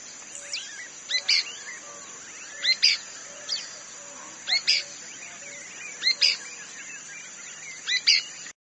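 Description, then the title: Pale-breasted spinetail giving paired sharp chirps over and over, against a constant high hum. Subspecies inaequalis, assumed from location. "LuckyPassaro Completos2Sama. Pale-breasted Spinetail (Synallaxis albescens inaequalis (ssp assumed from location))"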